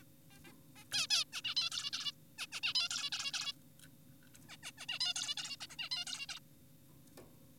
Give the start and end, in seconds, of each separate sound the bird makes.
0.31-0.40, 0.45-0.53, 0.76-0.84, 0.92-1.07, 1.10-1.24, 1.33-1.42, 1.44-1.55, 1.57-1.70, 1.72-1.91, 1.93-2.12, 2.38-2.46, 2.52-2.60, 2.63-2.74, 2.75-2.89, 2.91-3.10, 3.12-3.32, 3.34-3.53, 4.49-4.57, 4.63-4.72, 4.78-4.86, 4.89-4.99, 5.00-5.14, 5.16-5.35, 5.38-5.56, 5.61-5.67, 5.70-5.76, 5.79-5.89, 5.92-6.05, 6.07-6.26, 6.29-6.40